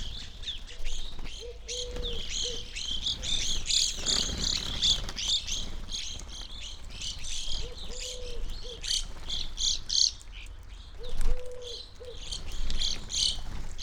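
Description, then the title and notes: Evening grosbeak flock chattering almost continuously, sharp overlapping chirps with brief louder bursts, and a few soft low notes in the background. Flock feeding on sunflower seeds from a feeder hanging in a backyard birch tree, relatively warm winter morning, McCloud, Siskiyou County, California; two microphones placed either side of the trunk. "McCloud in Siskiyou County, California. It was a relatively warm winter morning, and a flock of Evening Grosbeaks was busily eating a breakfast of sunflower seeds from a feeder hanging from the branch of a birch tree in my backyard."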